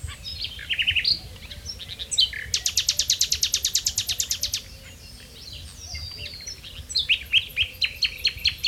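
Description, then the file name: Common nightingale song with a sharp opening phrase, a long fast run of loud repeated clicking notes, a pause, then more rapid repeated notes. "Luscinia megarhynchos"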